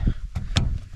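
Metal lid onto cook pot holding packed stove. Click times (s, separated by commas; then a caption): 0.6 s. A metal lid is pressed onto a Wild Wind X0 cook pot that has the burner and gas canister packed inside it. There is a soft tap at 0.4 s, then one sharp knock at 0.6 s as the lid goes on. The lid sits popped up slightly and does not fit flush.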